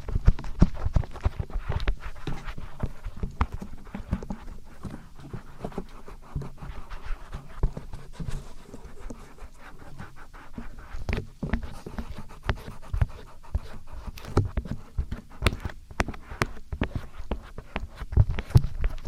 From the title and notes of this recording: ASMR Ear Massage. (No Talking).